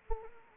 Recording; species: mosquito wingbeat signal from an infrared sensor; Anopheles gambiae